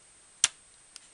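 An SD memory card is pressed into the spring-loaded card slot of a Nokia N800 handheld tablet, giving one sharp, bright click at 0.4 s and a much fainter tick at 1.0 s. The card is released and pops up out of the slot.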